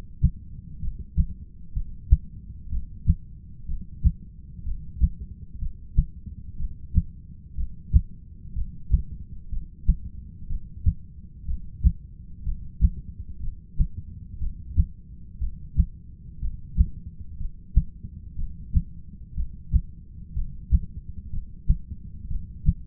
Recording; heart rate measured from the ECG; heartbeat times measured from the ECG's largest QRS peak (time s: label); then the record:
heart sounds by stethoscope; 61 bpm
0.80 s: heartbeat
1.73 s: heartbeat
2.69 s: heartbeat
3.66 s: heartbeat
4.63 s: heartbeat
5.59 s: heartbeat
6.57 s: heartbeat
7.55 s: heartbeat
8.53 s: heartbeat
9.50 s: heartbeat
10.47 s: heartbeat
11.45 s: heartbeat
12.44 s: heartbeat
13.41 s: heartbeat
14.39 s: heartbeat
15.39 s: heartbeat
16.40 s: heartbeat
17.38 s: heartbeat
18.36 s: heartbeat
19.34 s: heartbeat
20.34 s: heartbeat
21.31 s: heartbeat
22.28 s: heartbeat
From the record:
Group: heart failure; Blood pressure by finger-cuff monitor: 102/69 mmHg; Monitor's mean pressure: 81 mmHg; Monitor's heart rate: 62 bpm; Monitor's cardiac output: 6.7 L/min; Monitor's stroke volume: 109 mL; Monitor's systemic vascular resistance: 880 dyn s/cm5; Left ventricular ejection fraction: 25%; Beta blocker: metoprolol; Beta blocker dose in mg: 62.5 twice daily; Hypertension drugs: ramipril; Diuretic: furosemide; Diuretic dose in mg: 40 twice daily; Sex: male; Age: 57 years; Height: 180 cm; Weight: 90.5 kg